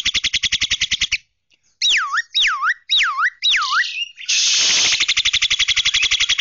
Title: Jalak Kerbau